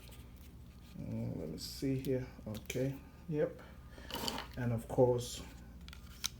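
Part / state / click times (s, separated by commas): metal emergency key blade going into a key fob housing / seated / 6.3 s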